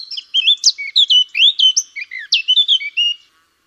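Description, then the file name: Eurasian blackcap song: a loud, continuous stream of rich, varied, fluty whistles and quick warbled notes lasting about three seconds. "Sylvia atricapilla"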